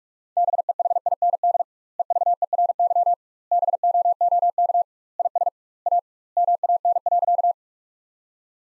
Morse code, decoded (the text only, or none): BEHIND EVERY BOOK IS A MAN.